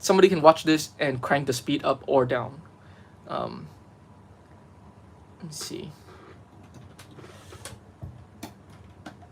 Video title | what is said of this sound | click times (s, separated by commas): it was on sale | And you can, listen to the sound, and it's kind of satisfying to hear the bricks like click together. | 7.7 s, 8.4 s, 9.1 s